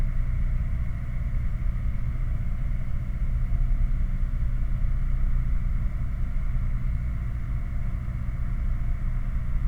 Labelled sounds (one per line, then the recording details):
machinery
flare stack
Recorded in the Prudhoe Bay oil fields, Alaska, on 11 August 2019 at 21:25
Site 29